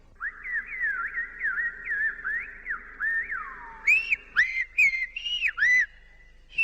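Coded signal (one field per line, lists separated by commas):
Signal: whistled language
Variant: Silbo Gomero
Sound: a shrill whistled line gliding up and down in word-like phrases with pauses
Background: faint hum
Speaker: Now, did you notice that each whistle sounds like a word, and that there are definite tones within these words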